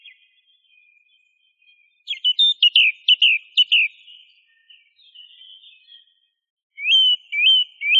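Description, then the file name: Song thrush song: short clear whistled notes and slurred phrases, a pause, then one rising whistled note given three times in quick succession. Masteran recording used for training songbirds. "suara masteran songthrush"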